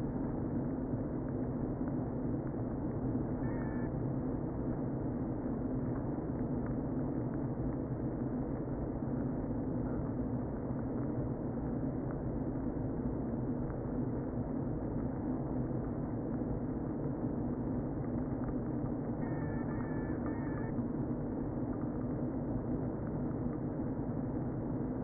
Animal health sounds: honeybee colony, microphone inside the hive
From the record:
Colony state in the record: queen present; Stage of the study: before two queens were removed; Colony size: about 60,000 bees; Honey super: yes

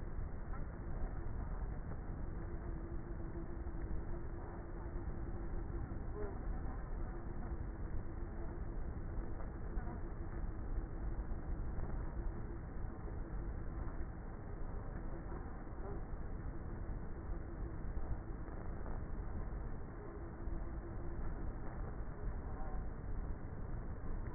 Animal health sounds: honeybee colony, microphone inside the hive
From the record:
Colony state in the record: queenless with a low population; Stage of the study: before two queens were removed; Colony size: about 30,000 bees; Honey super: no

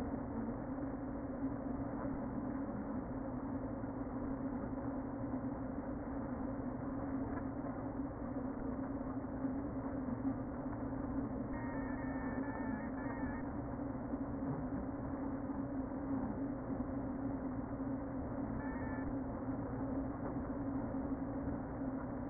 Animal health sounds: honeybee colony, microphone inside the hive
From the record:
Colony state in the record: queen present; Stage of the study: before two queens were removed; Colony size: about 60,000 bees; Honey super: yes

